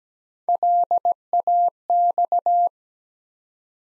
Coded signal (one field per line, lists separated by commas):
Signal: Morse code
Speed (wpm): 17 wpm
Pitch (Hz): 700 Hz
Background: none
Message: LAX